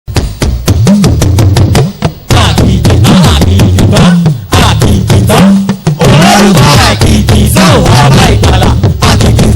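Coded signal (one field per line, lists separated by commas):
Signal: talking drum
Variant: Yoruba dundun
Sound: rapid drum strokes with low pitch swoops like speech, over a loud ensemble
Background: music ensemble, singing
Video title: Oriki Olorun Akiikitan on Talking Drums with Drumsvoice of Jesus @ Baptist Night Of Wonders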